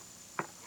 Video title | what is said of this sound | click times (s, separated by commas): Kirby G5 Vacuum Instructional VHS 1996 | and lock it in place | 0.4 s